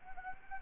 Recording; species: mosquito wingbeat signal from an infrared sensor; Anopheles gambiae